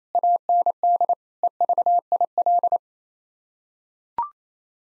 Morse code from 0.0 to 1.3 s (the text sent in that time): AND